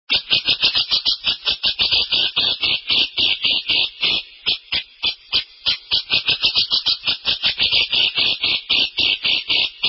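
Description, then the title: Grey-cheeked bulbul chattering nonstop, quick rasping notes repeated rapidly and somewhat unevenly for the whole stretch, with no other sounds apparent. Used for training songbirds. "Master Cucak Jenggot"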